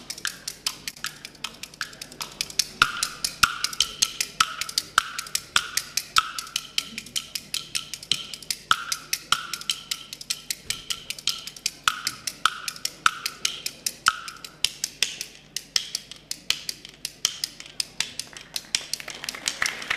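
Bamboo kuaiban clappers clack in a brisk, steady rhythm of sharp, bright, woody hits, with short ringing notes in some beats, played at a xiangsheng crosstalk show as the traditional piece Huachang Raokouling. The playing runs for the whole stretch with no voices.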